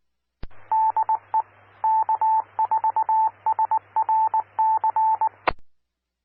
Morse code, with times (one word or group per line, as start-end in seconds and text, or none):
0.7-1.4 DE
1.8-5.3 K4SRC